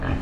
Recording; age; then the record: pig call; growing-finishing pig (85 days or more)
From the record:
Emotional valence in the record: negative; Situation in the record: barren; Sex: female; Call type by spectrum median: low-frequency call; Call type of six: low-frequency stable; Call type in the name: low-frequency stable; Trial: 4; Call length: 0.22 s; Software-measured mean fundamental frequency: 44 Hz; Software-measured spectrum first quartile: 87 Hz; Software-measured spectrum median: 252 Hz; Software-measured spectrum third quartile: 825 Hz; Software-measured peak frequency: 56 Hz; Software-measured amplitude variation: 122 dB a second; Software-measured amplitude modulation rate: 25.5 a second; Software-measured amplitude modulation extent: 4.8 dB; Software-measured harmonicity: 0.6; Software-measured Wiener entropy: -1.14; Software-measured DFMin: 814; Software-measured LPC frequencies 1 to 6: 1007, 1683, 2478, 3011, 3963, 5355 Hz